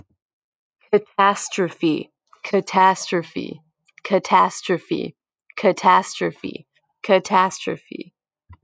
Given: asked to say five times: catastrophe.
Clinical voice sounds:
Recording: repeated word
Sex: female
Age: 20 to 29 years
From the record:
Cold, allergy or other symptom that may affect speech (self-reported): no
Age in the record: 22 years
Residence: Maryland, United States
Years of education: 16

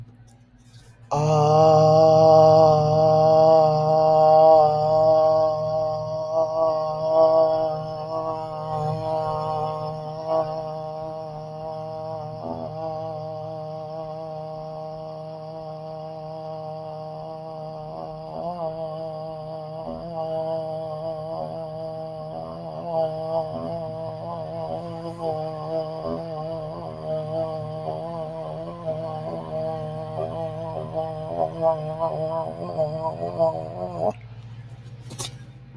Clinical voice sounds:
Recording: vowel held as long as possible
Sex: male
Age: 40 to 49 years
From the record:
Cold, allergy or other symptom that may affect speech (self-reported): no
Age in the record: 42 years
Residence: Georgia, United States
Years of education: 16

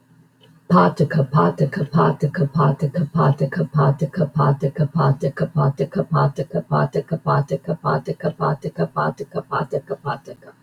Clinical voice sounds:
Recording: repeated syllables /pa ta ka/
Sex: female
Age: 60 to 69 years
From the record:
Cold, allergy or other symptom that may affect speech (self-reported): no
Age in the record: 62 years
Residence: Michigan, United States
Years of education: 13

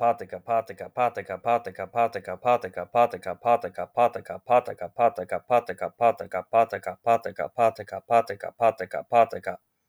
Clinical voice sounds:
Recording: repeated syllables /pa ta ka/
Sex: male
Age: 30 to 39 years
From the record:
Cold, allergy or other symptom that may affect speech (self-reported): no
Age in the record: 30 years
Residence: Ohio, United States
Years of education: 17

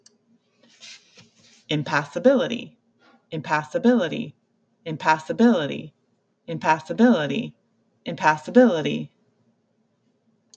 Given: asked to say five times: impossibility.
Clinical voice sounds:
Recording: repeated word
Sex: female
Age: 50 to 59 years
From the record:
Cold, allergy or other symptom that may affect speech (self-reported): no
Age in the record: 50 years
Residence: Illinois, United States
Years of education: 18

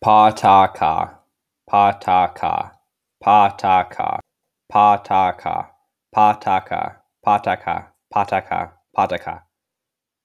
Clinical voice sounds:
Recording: repeated syllables /pa ta ka/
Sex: male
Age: 18 to 19 years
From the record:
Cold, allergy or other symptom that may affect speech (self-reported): no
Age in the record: 18 years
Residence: California, United States

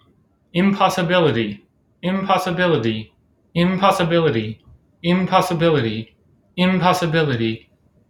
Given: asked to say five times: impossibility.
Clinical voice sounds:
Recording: repeated word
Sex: male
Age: 20 to 29 years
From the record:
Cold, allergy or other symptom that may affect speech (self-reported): no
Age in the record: 28 years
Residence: Connecticut, United States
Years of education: 20

